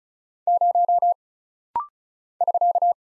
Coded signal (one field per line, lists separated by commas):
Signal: Morse code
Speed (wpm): 36 wpm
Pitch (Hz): 700 Hz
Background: none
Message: 0 <SK>